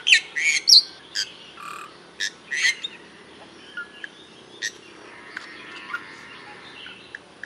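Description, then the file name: Bali myna calls: loud harsh squawks and chattering notes in the first three seconds, then sparse clicks and short chirps over a quiet background. "jalak bali"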